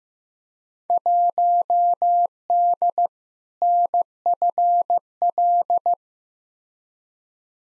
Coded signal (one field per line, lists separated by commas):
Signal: Morse code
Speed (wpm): 15 wpm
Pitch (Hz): 700 Hz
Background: none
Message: 1D NFL